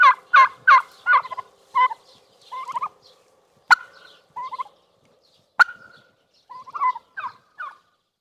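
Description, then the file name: Turkey gobbles, a series of quick rattling, bubbling notes repeated in clusters, with a few sharp clicks between bursts and quiet gaps. "indyk"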